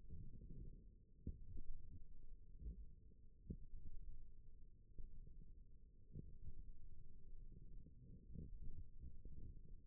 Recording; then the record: forearm muscle sounds (acoustic myography)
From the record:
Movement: wrist flexion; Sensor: system 1, eight BSWA MPA416 microphones around the upper forearm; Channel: 4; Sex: female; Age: 21 years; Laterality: right